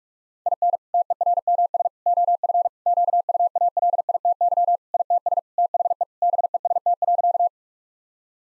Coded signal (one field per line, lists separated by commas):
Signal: Morse code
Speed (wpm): 42 wpm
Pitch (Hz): 700 Hz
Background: none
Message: IN TERMS OF QUALITY ITS THE BEST.